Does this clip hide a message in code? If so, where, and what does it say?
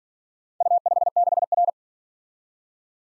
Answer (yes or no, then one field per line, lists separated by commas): yes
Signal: Morse code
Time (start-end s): 0.6-1.7 s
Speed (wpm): 46 wpm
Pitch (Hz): 700 Hz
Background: none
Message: U56R